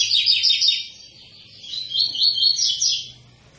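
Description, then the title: Double-collared seedeater song, fast high twittering trills that fade briefly and return in varied warbling phrases. Tui-tui song type from a 'fibra' bird; teacher song (canto professor) used for teaching young birds. "COLEIRO TUI TUI FIBRA CANTO PROFESSOR"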